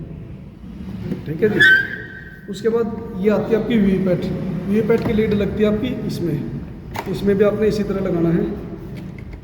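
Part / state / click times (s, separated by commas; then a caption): VVPAT lead connector into control unit socket / not seated / none. Someone talks while handling the VVPAT lead connector as it is brought toward its socket on the voting machine's control unit. Only speech and faint handling sounds are heard, and the connector has not seated or clicked in yet.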